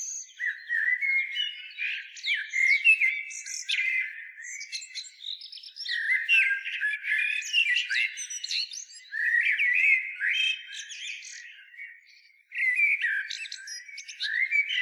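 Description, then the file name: Eurasian blackbird singing mellow warbled phrases that break into squeaky, twittering high notes, in several bursts with short pauses between them. "Turdus merula"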